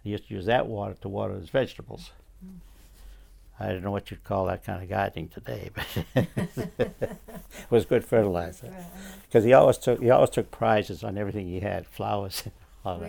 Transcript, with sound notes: He used to use that water to water his vegetables.
Oh.
I don't know what you'd call that kind of gardening today, but-. (both laughs) It was good fertilizer.
That's right, yeah.
Cause he always took, always took prizes on everything he had- flowers, all of that.